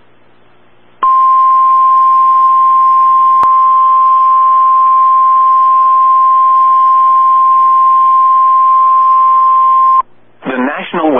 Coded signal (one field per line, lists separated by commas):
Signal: Emergency Alert System (SAME) tones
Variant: 1050 Hz attention tone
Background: speech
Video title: Double Header From Norman EAS #127-128